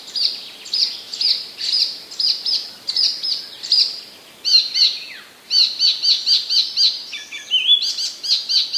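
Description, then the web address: Icterine warbler song of quickly repeated high phrases, each motif given several times before switching to a new chattering pattern. Recorded in 2015; part of a passerine collection. "wroblowe kolekcja zaganiacz 2015"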